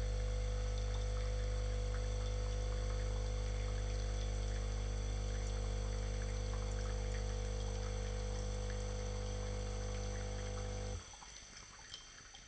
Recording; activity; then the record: daily activity, microphone in the room; make coffee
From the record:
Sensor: 4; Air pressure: 1008.2 hPa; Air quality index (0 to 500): 118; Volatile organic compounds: 1 ppm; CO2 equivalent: 863 ppm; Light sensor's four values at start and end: 10/21/9/9 and 11/23/9/9